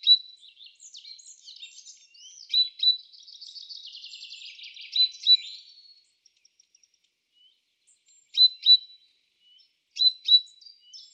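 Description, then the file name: Great tit calls: sharp high notes, then a long buzzy churring rattle, followed by spaced pairs of bright metallic notes. "Parus major"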